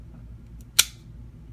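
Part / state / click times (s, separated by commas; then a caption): spring-loaded head released from the body of a transforming toy / released / 0.8 s. A plastic panel on a Soundwave transforming toy is slid back, releasing its spring-loaded head from the body, with a faint tick around 0.6 s. At 0.8 s a sharp, bright snap sounds as the head pops out on its spring, then fades quickly into a quiet background hum.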